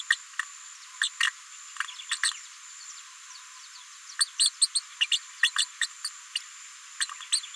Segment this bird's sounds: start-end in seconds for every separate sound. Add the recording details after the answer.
0.10-0.16, 1.01-1.09, 2.09-2.17, 4.19-4.25, 4.39-4.50, 4.61-4.68, 4.74-4.80, 5.00-5.07, 5.11-5.19, 5.43-5.51, 5.56-5.66, 5.81-5.87, 6.04-6.09, 6.35-6.39, 7.00-7.06, 7.32-7.41. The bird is a female. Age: 36 days. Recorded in a nest box in Venezuela. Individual 17B73B4